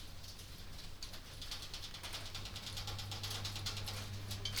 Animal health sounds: poultry house recording; no chicken sound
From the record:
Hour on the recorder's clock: 22

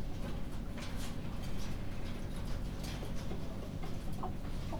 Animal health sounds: poultry house recording; healthy chickens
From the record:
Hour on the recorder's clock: 21

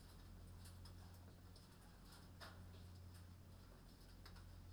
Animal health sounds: poultry house recording; no chicken sound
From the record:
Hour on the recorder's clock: 23

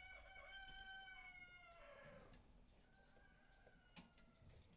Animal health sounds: poultry house recording; healthy chickens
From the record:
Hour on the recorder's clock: 18

